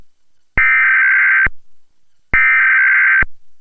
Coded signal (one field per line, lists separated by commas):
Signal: Emergency Alert System (SAME) tones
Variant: header bursts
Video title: EAS #268-271: 4 EAS National Periodic Tests (National EAS Test)- Oct. 3, 2018- 11:20AM PDT